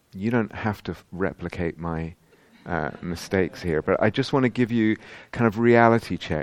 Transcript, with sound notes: You don't have to replicate my mistakes here. [laughter] I just want to give you a kind of reality check.